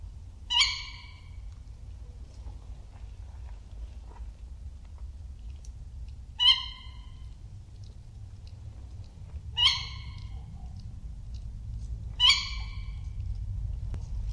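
Tawny owl's short, sharp 'kewick'-like calls, four of them at uneven intervals, over a steady low rumble.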